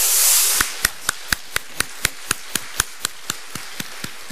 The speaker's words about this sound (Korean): 여러분 사랑하는 성도 여러분, 오늘 또 보이는 곳에서 보이지 않는 곳에서 하나님 앞에 예배하며 살아계신 하나님 앞에 영광 올려드리고 그 모든 수고의 일을 다 감당하는 우리 모든 일꾼들 앞에 우리 격려와 하나님 앞에 영광의 박수를 같이 한번 드리도록 하겠습니다.